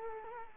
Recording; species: mosquito wingbeat signal from an infrared sensor; Culex quinquefasciatus